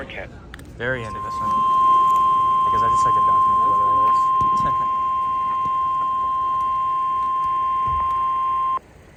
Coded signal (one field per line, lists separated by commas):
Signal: Emergency Alert System (SAME) tones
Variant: 1050 Hz attention tone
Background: speech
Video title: Enhanced.. Bust? Enhanced Risk EAS Alerts from 6/30/24 (EAS #1,123-1,138)